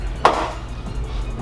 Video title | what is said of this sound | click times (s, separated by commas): 10-15 Camaro Terminator Hood // Lambo Doors - Carbon Fiber - ZL1 Bumper | And then go ahead, you hear the click with the latch, and then there you have it. | 0.2 s